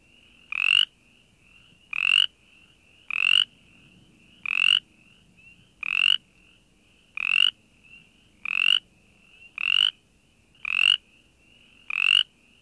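Brimley's chorus frog calling with short raspy rattling notes, about ten in a row, each repeated roughly every 1.2 seconds, with fainter softer notes between.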